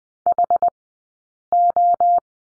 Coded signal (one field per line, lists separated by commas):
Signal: Morse code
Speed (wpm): 20 wpm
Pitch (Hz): 700 Hz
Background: none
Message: HO